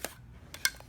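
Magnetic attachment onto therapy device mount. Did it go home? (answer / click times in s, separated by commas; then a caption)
yes / 0.6 s. A magnetic applicator attachment is set onto the base of a BEMER therapy device and given a small twist, with a few light taps and ticks along the way. A sharp click at 0.7 s marks it twist-locking in place, seated.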